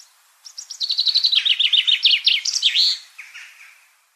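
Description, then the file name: Common chaffinch song, a bright rattling series of descending notes speeding into a short trill and ending in a sharp flourish, followed by softer notes. "Fringilla coelebs"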